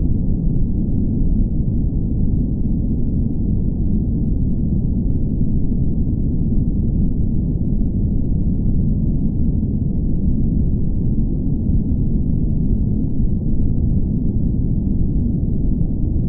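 A steady white noise hiss, heavily muffled so it sounds like a deep, low rumble with nothing bright above it. It holds perfectly even for the whole stretch, dense and unchanging, with no separate events or background sounds.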